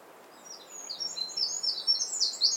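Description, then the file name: Eurasian wren song fragment: rapid, very high notes growing louder over the last second and a half. "Troglodytes troglodytes"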